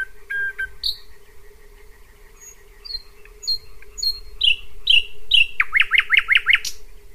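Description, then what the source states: Thrush nightingale singing a varied series of whistled notes that grows louder and ends in a rapid run of repeated notes, over a steady background hum. Night song close by around midnight in June, from a dirt road lined with trees and shrubs among meadows, fields and marshes between Pyzdry and Zagórów, Poland; complex song, varied repertoire, repeated elements.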